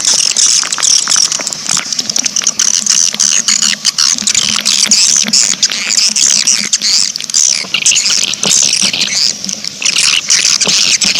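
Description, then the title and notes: Swiftlet twittering calls, a dense high chatter of chirps and clicks running throughout, with a low hum underneath. Sound used in swiftlet farming in Asia. "Swiflet Bird Sound. Farming Swiflet Bird asia sound"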